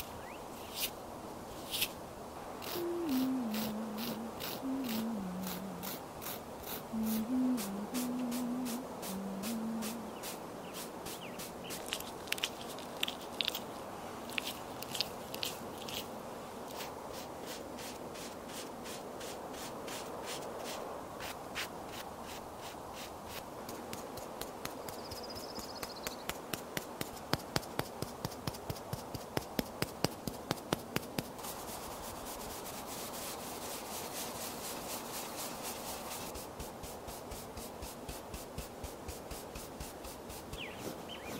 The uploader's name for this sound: Doing Your Makeup Outside on a Sunny Day